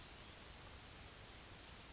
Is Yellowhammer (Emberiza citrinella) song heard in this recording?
no